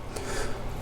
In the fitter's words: have to push the button and close the blade and it locks in place